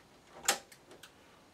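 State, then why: Seated. A part of a vintage Sharp VZ 3000 music centre, being reassembled during a turntable belt replacement, is given a slight push and locks into its housing with a sharp, bright click at 0.5 s. Two fainter ticks follow at 0.7 s and 1.0 s over a quiet background, and the part seats without any problem.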